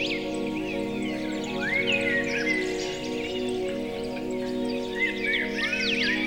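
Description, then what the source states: Birds sing quick rising and falling whistles and chirps, overlapping one another, with a steady music bed below. Birdsong mixed with music.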